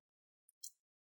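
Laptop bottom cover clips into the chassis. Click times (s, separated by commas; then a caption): 0.5 s, 0.6 s. The plastic bottom cover of an ASUS ROG Zephyrus G14 GA401Q laptop is placed back on and its corners are squeezed so the retaining clips snap into the chassis. A faint high click comes at 0.5 s, then a louder, brighter snap at 0.6 s, in otherwise near silence. The cover clips are seated.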